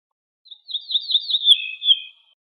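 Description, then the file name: Ortolan bunting song phrase of slurred notes that drift gently downward in pitch, with no other sounds. "suara kicauan ortolan"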